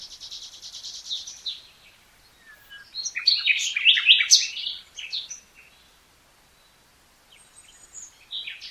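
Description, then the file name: Common nightingale singing a phrase of repeated notes, then a loud rattling, chirping burst, a pause, and quieter notes resuming. "Luscinia megarhynchos"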